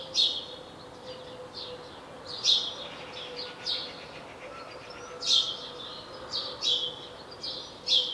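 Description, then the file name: House sparrow chirping, loud notes in small bursts with quieter chatter between, and a faint low hum throughout. "Passer domesticus"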